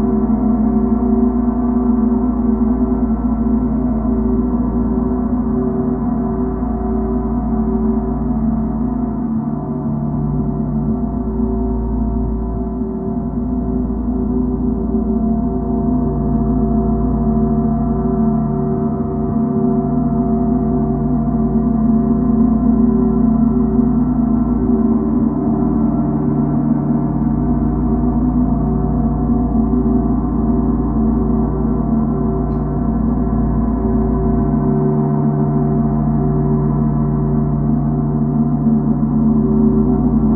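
A gong rings in a thick, unbroken drone, its many low, sustained tones layered and slowly shimmering for the full forty seconds. The volume stays level throughout, with no fresh strikes or bright high ringing standing out, just a warm, rumbling wash.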